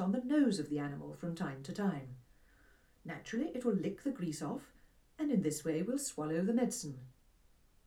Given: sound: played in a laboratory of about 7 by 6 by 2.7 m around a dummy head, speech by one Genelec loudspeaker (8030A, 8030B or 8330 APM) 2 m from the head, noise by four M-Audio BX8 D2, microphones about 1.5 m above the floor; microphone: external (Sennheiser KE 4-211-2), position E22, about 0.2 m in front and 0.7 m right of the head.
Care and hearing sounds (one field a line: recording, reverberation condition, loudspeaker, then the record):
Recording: female speech in English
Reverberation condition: low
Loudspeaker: 60 degrees to the left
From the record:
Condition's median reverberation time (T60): about 310 ms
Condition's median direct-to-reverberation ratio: about 3.5 dB